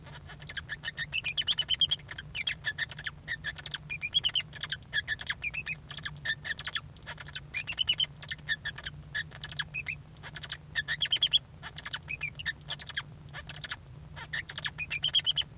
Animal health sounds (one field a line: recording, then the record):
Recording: song of a male Bengalese finch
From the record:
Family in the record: son of father 2